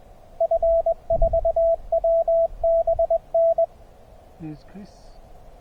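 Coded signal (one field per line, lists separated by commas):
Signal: Morse code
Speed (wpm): 21 wpm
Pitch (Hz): 660 Hz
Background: speech, radio noise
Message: F4WBN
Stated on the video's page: Morse from a SOTA summit activation of a 2543 m Austrian peak, only its second activation, during a hike-and-fly paragliding trip.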